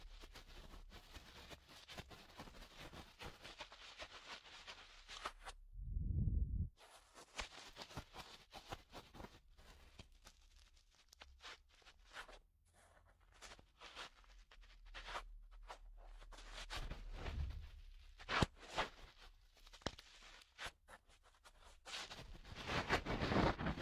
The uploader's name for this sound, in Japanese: 耳搔